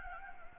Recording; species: mosquito wingbeat signal from an infrared sensor; Anopheles gambiae